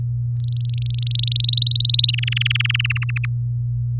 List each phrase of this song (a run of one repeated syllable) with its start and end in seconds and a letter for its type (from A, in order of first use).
0.37-1.46 A, 1.48-2.11 B, 2.13-2.92 C, 2.95-3.25 D